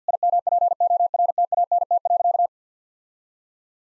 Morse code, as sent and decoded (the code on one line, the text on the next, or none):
.. -- .--. --- .-. - .- -. - .-.-.-
IMPORTANT.